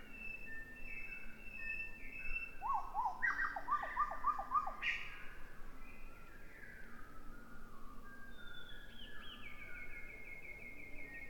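Bird song: rapid stuttering chirp series, sliding whistles and a trill, over constant low background noise.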